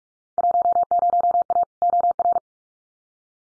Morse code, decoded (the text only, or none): 10A OR